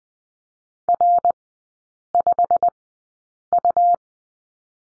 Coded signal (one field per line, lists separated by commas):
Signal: Morse code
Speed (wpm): 20 wpm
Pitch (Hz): 700 Hz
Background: none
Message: R5U